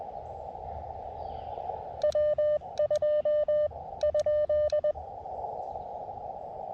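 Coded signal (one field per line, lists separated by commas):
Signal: Morse code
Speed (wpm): 20 wpm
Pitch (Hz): 590 Hz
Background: none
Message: W2 ?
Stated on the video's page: CW Parks on the Air activation at a state park with an Elecraft KX2 and AX2 antenna with 40m coil.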